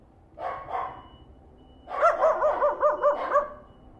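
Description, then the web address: Small dogs barking: two short yaps, a pause, then a rapid run of high, overlapping yaps over about a second and a half. Three small dogs barking. "Sound Effects-Foundation 1 ANIMAL DOG SMALL THREE BARKING"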